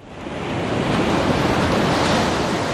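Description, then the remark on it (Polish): Baltic Sea waves breaking on the shore in strong wind with a rough sea, a steady, loud, hissing roar of surf that swells slightly at the start and then holds constant, with no voices. “I choćby za ten szum Polacy kochają Bałtyk bez względu na temperaturę wody, powietrza, tłumy na plażach, deptakach i ceny w smażalniach.”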